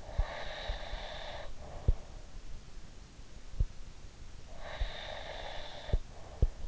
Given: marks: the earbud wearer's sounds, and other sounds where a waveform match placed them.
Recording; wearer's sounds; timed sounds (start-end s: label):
sounds in sleep by an in-ear microphone; breath
0.09-2.36 s: breath
4.54-6.68 s: breath